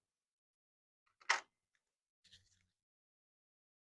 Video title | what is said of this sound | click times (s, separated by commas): Installing The M33X Printing Calculator Ink Ribbon | Take the M33X with both fingers, pull from the bottom until you hear it unclick, and take it straight out. | 1.2 s, 1.3 s